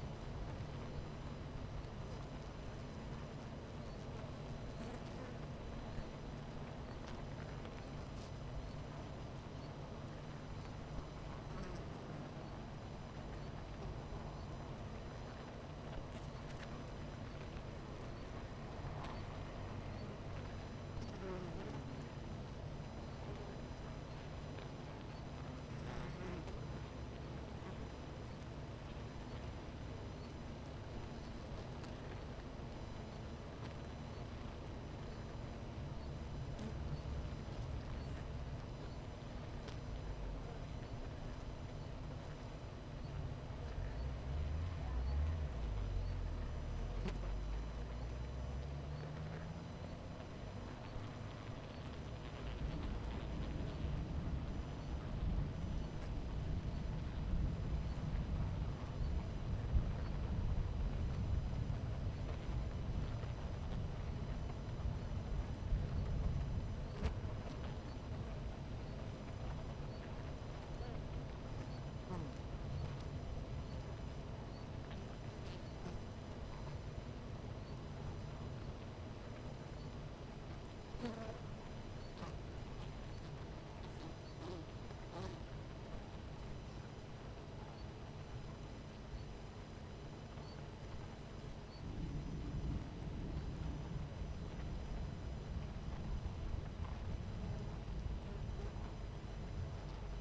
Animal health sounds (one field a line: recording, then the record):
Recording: honeybee colony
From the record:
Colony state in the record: missing queen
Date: 14 July 2017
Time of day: 11:23